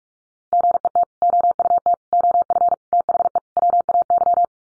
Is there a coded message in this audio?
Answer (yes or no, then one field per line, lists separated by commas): yes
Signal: Morse code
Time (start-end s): 0.5-4.4 s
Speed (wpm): 44 wpm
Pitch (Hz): 700 Hz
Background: none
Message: GET OUT OF THE WAY